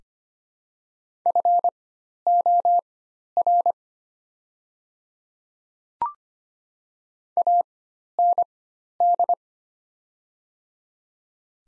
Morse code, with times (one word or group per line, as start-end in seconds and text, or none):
1.3-3.7 FOR
7.4-9.3 AND